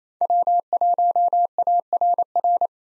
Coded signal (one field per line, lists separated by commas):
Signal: Morse code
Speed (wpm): 27 wpm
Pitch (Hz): 700 Hz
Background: none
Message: W1ARR